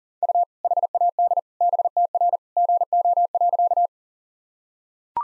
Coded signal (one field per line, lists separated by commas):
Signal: Morse code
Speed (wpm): 40 wpm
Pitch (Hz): 700 Hz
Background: none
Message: U HAD BTR GO.